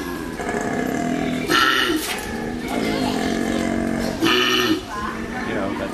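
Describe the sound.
Koala bellowing: a long, deep, rasping drone of snoring breaths broken by two brief belch-like grunts.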